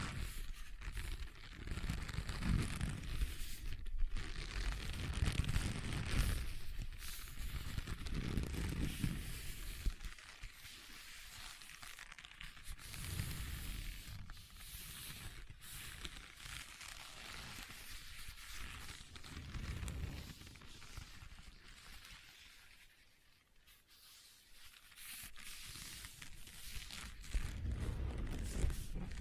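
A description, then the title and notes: Leather is scratched and rubbed in a dense texture of dry rasping, with occasional sharper taps standing out around 4, 15 and 27 seconds. Low thuddy handling swells come and go, and the sound thins out and grows quieter near 23 seconds. ASMR Leather Tapping & Scratching Sounds (No Talking).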